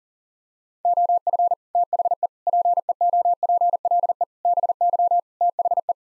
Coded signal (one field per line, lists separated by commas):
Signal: Morse code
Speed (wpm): 37 wpm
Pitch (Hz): 700 Hz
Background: none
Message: OF THE PEOPLE BY THE